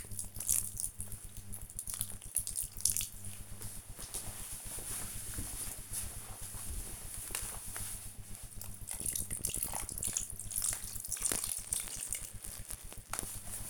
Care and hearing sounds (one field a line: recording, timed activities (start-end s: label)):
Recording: household activities, microphone on the right wrist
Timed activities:
0.00-12.03 s: watering plant